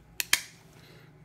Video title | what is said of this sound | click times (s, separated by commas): Talkie Walkie CRTP7LCD PMR446 UHF Presentation GoTechnique | la batterie se clipse derrière et | 0.2 s, 0.3 s